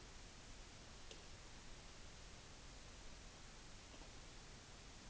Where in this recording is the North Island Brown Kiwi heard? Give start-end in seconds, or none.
none